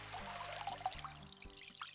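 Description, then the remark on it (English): Water is poured onto piled, packed-down sand for a sandcastle foundation in a steady, splashy stream for about two seconds. It is a continuous bright hiss with gurgling bursts and low thumps running under it, no voices. “Then add some water.”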